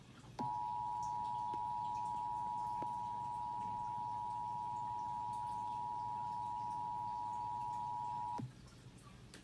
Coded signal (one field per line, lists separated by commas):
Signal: Emergency Alert System (SAME) tones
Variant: 853 and 960 Hz attention tone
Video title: Los Angeles Required Monthly Test (EAS #333-382) 7/27/21